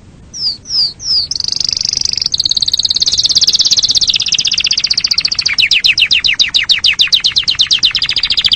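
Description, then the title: Canary song opening with three swooping whistles, then a loud continuous high trill that turns into rapid, evenly repeated descending notes. Training song for teaching other birds, known locally as masteran; described as a lively, persistent singer (gacor). "Masteran Suara Kenari Gacor Masteran Kenari"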